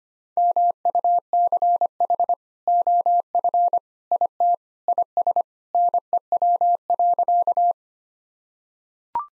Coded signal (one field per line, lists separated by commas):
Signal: Morse code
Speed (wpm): 25 wpm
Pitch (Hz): 700 Hz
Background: none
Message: MUCH OF IT IS NEW.